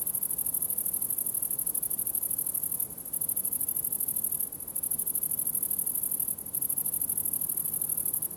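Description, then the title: Grasshoppers buzzing in a high, dry hiss made of fast pulses, broken by three short pauses, with a soft low rumble underneath. Several grasshoppers in a summer ambience at the farm of Villers Abbey, Villers-la-Ville, Belgium; recorded with Sony PCM-D100 internal microphones in wide position. "Ferme de lAbbaye de Villers, 1495 Villers-la-Ville, Belgique - Grasshoppers"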